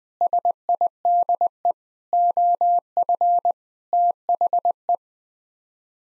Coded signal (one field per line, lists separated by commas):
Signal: Morse code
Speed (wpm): 20 wpm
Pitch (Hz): 700 Hz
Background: none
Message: SIDE OF THE